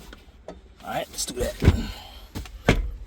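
Someone talks while pushing the rear bottom seat cushion of an Infiniti Q60 / G37 Coupe down hard into its floor mount. The cushion's retaining clip clicks into its floor retainer at 2.7 s, and the cushion is seated.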